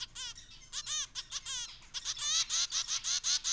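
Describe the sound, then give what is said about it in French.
Shrill, rapid begging calls for food from zebra finch chicks in the nest after a parent returns, a dense run of high, wavering peeps repeating in quick bursts that grow louder and more insistent toward the end, with no talking. “le parent est revenu au nid, et donc ça a déclenché des comportements, des cris de quémande pour obtenir de la nourriture”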